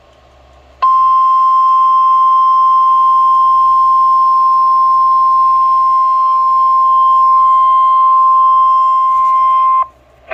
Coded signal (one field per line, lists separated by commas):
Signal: Emergency Alert System (SAME) tones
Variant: 1050 Hz attention tone